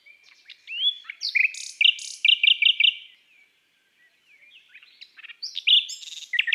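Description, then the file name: Common nightingale singing a varied phrase of sliding whistles and a handful of short repeated notes, followed after a brief lull by another rich, complex burst. From an album of bird songs of woods and forests. "Rossignol philomele Chants doiseaux des bois et des forets"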